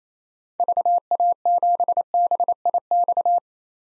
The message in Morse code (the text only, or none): VA7BIX